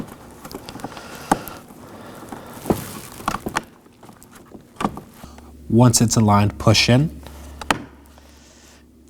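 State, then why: Seated. On a 2018-2024 Chevrolet Equinox, the aligned door release cable end is pushed into the inner door handle while someone talks, with scattered handling taps and clicks throughout. The cable seats with a sharp click at 7.7 s, confirming it is clicked in and secure.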